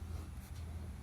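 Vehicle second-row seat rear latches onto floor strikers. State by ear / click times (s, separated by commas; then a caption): not seated / none. A second-row (center row) seat in a 2008 Ford Expedition XLT is being handled and lowered back toward position so its rear floor attachments can be pushed down onto the floor strikers for the metal latches to lock. There is a steady low rumble with a faint, soft hiss near the middle and no sharp sounds. Nothing has seated or clicked yet.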